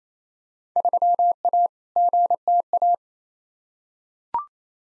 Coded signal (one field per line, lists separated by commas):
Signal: Morse code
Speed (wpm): 27 wpm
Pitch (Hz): 700 Hz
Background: none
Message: 3A GTA